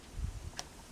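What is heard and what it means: The cable plug from a Ruko F11PRO 2 Plus drone's remote controller is pushed into a smartphone's port in a tight fit, with low rumbling handling noise from about 0.2 to 0.5 seconds. A single short, sharp click follows at 0.6 seconds as the plug seats in the phone.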